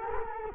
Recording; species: mosquito wingbeat signal from an infrared sensor; Culex quinquefasciatus